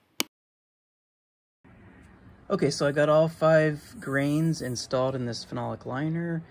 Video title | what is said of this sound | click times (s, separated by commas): Model rocketry: How to assemble CTI 5-Grain 75mm M-class motor for hobby rocketry | and press it onto the nozzle until it snaps in place | 0.2 s